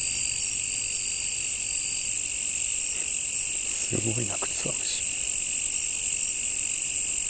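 Cricket chorus humming in high steady bands, briefly joined near the middle by a short burst of lower clicking sounds.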